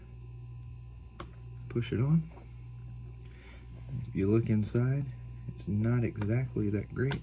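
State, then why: Not seated. Someone handles the red wire's crimped metal power contact at the plastic Anderson PowerPole connector housing for a watt meter, ahead of pushing it in until its spring catches. Someone talks over a steady low hum, with a brief sharp tick at 1.2 s and a fainter one at 3.3 s. The contact has not seated or clicked into the housing yet.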